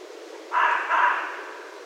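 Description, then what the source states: Red fox gives a drawn-out, rasping two-part bark that swells, dips briefly and rises again before fading, with low background hiss. Recorded on 16 January 2012.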